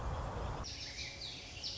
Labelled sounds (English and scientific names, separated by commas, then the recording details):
Song Sparrow (Melospiza melodia)
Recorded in Sonoma County, California